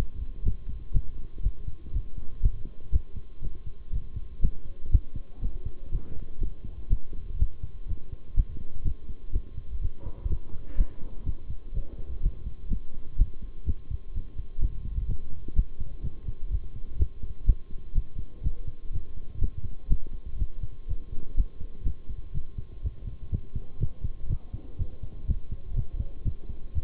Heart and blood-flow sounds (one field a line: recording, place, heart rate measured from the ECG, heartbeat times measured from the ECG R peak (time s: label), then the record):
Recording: heart sounds by stethoscope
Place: between the tricuspid and mitral areas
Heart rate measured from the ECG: 123 bpm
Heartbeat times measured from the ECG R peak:
0.45 s: heartbeat
0.94 s: heartbeat
1.43 s: heartbeat
1.93 s: heartbeat
2.42 s: heartbeat
2.92 s: heartbeat
3.42 s: heartbeat
3.92 s: heartbeat
4.42 s: heartbeat
4.92 s: heartbeat
5.42 s: heartbeat
5.92 s: heartbeat
6.41 s: heartbeat
6.90 s: heartbeat
7.39 s: heartbeat
7.88 s: heartbeat
8.36 s: heartbeat
8.84 s: heartbeat
9.33 s: heartbeat
9.81 s: heartbeat
10.29 s: heartbeat
10.77 s: heartbeat
11.26 s: heartbeat
11.74 s: heartbeat
12.22 s: heartbeat
12.70 s: heartbeat
13.18 s: heartbeat
13.66 s: heartbeat
14.14 s: heartbeat
14.61 s: heartbeat
15.08 s: heartbeat
15.56 s: heartbeat
16.03 s: heartbeat
16.51 s: heartbeat
16.99 s: heartbeat
17.46 s: heartbeat
17.95 s: heartbeat
18.43 s: heartbeat
18.92 s: heartbeat
19.41 s: heartbeat
19.90 s: heartbeat
20.39 s: heartbeat
20.88 s: heartbeat
21.37 s: heartbeat
21.85 s: heartbeat
22.34 s: heartbeat
22.83 s: heartbeat
23.32 s: heartbeat
23.80 s: heartbeat
24.29 s: heartbeat
24.78 s: heartbeat
25.27 s: heartbeat
25.76 s: heartbeat
26.25 s: heartbeat
26.74 s: heartbeat
From the record:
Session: bicycle stress test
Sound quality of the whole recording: good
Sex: male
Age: 23 years